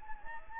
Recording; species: mosquito wingbeat signal from an infrared sensor; Anopheles gambiae